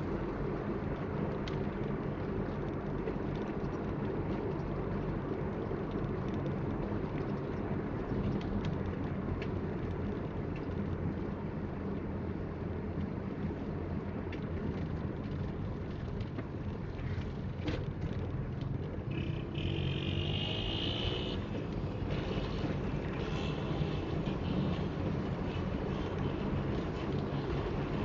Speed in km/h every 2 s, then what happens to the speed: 43, 43, 42, 41, 37, 35, 35, 28, 26, 29, 33, 37, 41, 46.
0-16 slows to 26. 16-28 speeds up to 46.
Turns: none.